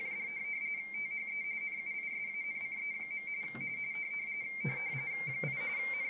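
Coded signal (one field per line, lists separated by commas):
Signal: RTTY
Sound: steady warbling two-tone chatter, rapidly alternating between two close pitches, throughout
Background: background clatter and hiss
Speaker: a really cool way of sending data if you've got an old analog radio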